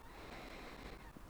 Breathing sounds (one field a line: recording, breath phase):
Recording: one breath near a microphone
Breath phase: inhalation